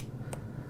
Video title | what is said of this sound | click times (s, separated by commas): How to use inhalers | there is a click | 0.3 s